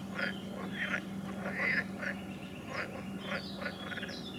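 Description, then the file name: Frogs giving quacking, rasping croaks in quick irregular series under a steady low hum. "Ni Gi D - Nature Recordings - Frogs"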